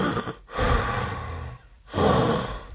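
Heavy, rough breaths close to the microphone with a snorting, congested quality from an adult with a cold. The breathing does not sound healthy.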